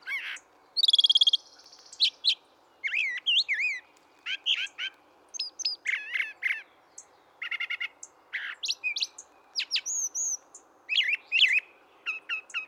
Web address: birdsongforthecurious Brown Thrasher